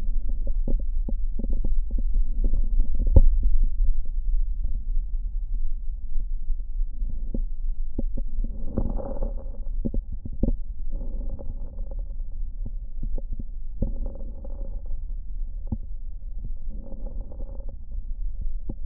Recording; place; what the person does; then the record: lung sounds by stethoscope; right posterior basal chest; quiet breathing, then deep breathing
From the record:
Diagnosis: interstitial lung disease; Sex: female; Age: 60 years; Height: 154 cm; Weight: 68.1 kg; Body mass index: 28.7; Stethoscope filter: diaphragm mode